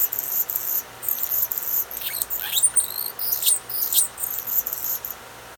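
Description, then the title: Anna's hummingbird song: high, squeaky and buzzy scratchy notes strung in uneven bursts, a dry metallic chatter that stops near the end. Male in territory; desert Southwest resident; males and females are extremely territorial and guard their areas aggressively; hearing this song means being in a male's territory. "What’s That Bird?: Anna’s Hummingbird"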